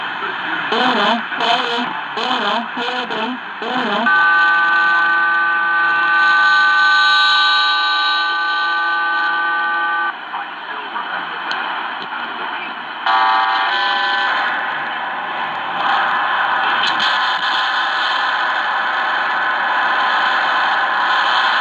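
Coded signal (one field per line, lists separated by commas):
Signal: numbers station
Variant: HM01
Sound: brief talk, then several steady stacked tones, then hissy multi-tone data warble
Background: radio static, broadcast speech underneath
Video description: Here is some audio from HM01, the Cuban Spy Numbers station with WBCQ heard underneath it on 9330 KHz.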